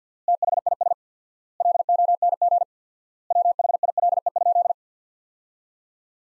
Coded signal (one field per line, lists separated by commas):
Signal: Morse code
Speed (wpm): 50 wpm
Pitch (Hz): 700 Hz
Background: none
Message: THIS LONG WHILE?